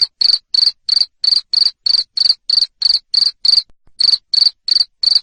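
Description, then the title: Cricket giving a steady string of loud buzzy chirps, roughly three each second, pausing briefly once before resuming the same rhythm. Loud cricket chirping played to stimulate lovebirds to sing continuously. "Suara JANGKRIK NGERIK Keras Bikin LOVEBIRD Jadi NGEKEK Terus"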